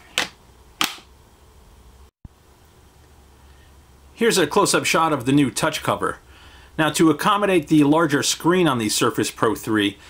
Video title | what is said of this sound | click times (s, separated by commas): Microsoft Surface Pro 3 Review - HotHardware | and like other surface devices the keyboards just snap right in with a click | 0.2 s, 0.8 s